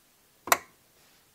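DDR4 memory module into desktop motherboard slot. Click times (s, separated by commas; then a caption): 0.5 s. A TECMIYO DDR4 3600MHz memory module is lined up and pushed into a desktop motherboard slot. A short sharp snap comes at 0.5 s as the slot's end tabs close, with the main click at 0.5 s, then a faint low rustle around 1.0–1.2 s. The module is seated.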